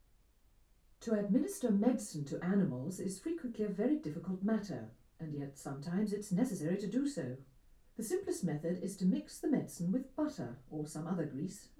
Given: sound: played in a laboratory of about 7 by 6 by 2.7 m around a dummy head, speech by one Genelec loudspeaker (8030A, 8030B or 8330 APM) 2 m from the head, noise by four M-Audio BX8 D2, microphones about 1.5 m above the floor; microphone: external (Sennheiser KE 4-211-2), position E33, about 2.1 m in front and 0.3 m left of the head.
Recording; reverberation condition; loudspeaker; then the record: female speech in English; low; 60 degrees to the right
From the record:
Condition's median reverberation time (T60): about 310 ms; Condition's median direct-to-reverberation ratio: about 3.5 dB